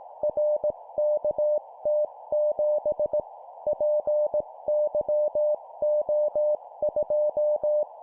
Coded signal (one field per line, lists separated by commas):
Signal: Morse code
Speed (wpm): 18 wpm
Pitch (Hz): 600 Hz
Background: none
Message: RKT7 PYO2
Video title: 17wpm Four letter words letter,letter,letter,number, morse code course